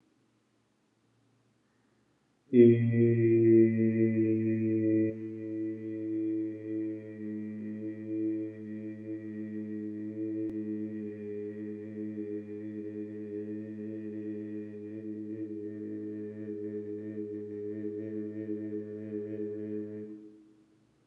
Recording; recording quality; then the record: sustained vowel as in made; excellent, no background noise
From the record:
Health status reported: healthy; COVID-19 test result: negative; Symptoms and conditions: cough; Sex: male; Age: 34 years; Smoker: not ticked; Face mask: not worn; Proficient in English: yes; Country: India